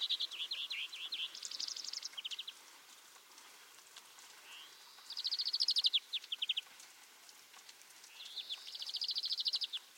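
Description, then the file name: European greenfinch giving rapid, dry trilled twitters in three bursts separated by pauses, with faint background hiss. "Chloris chloris"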